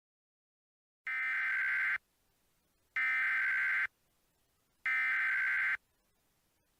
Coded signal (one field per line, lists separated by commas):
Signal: Emergency Alert System (SAME) tones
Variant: header bursts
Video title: EAS Mock Scenario - White Christmas Mayhem